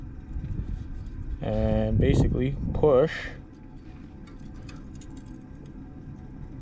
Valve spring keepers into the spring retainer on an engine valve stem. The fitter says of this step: and pray you see that time it didn't catch kind of knock the keeper out of the way try again